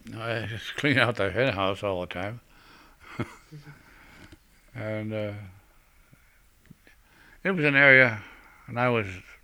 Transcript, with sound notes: I cleaned out the henhouse all the time. ( he laughs ) And it was an area, when I was